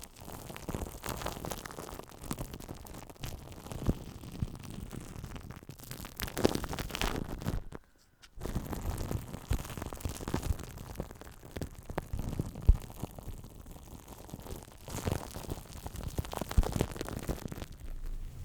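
Mic brushing and scratching with foam, a dense, uneven rustle of quick strokes and swells, dropping to near silence around eight seconds.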